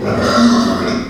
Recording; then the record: squeal of a Yucatan mini pig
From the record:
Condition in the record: after surgery on the right vocal fold (resection and tissue-engineered implant); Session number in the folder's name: 12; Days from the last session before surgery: 105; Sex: female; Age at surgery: 19 weeks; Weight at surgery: 25 kg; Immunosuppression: prednisolone